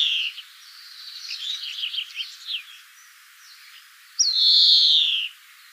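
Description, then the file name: European greenfinch twittering softly with scattered buzzy chirps, then a single loud drawn-out nasal wheeze, slightly falling in pitch. "Chloris chloris"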